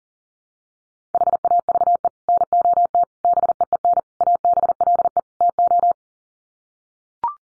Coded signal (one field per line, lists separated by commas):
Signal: Morse code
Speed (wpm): 40 wpm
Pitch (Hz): 700 Hz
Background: none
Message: HAVE NOT BEEN ABLE TO